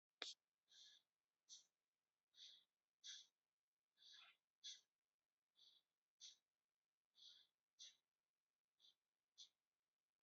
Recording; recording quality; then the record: shallow breathing; excellent, no background noise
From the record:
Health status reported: respiratory illness, not identified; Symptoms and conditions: asthma, hypertension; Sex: male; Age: 50 years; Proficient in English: yes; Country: India